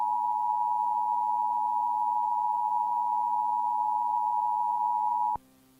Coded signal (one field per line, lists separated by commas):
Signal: Emergency Alert System (SAME) tones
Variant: 853 and 960 Hz attention tone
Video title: EAS scenario: entity mouse